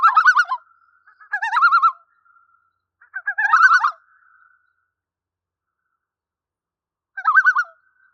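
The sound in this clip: Common loon tremolo: quavering, rapidly wavering laughter-like bursts, three in close succession, then a pause and one shorter burst, against a quiet background.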